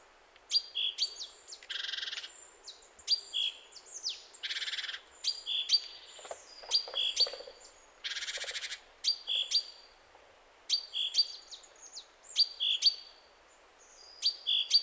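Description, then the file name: Great tit calls, sharp high notes followed by buzzy churring bursts, repeated several times with short pauses between. "Parus major"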